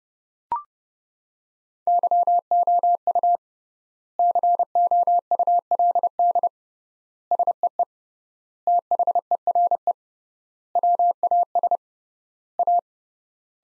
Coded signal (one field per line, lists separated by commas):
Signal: Morse code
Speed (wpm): 29 wpm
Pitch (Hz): 700 Hz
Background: none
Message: YOU COULD SEE THERE WAS A